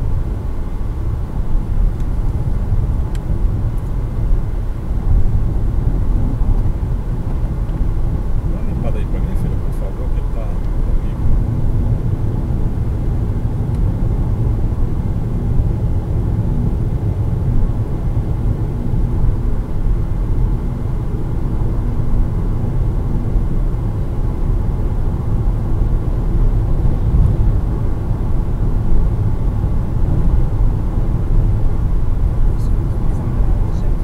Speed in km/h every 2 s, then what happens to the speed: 127, 130, 132, 133, 134, 135, 135, 136, 138, 138, 138, 140, 141, 142, 142, 141, 140.
0-25 speeds up to 142. 25-34 steady at about 141.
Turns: none.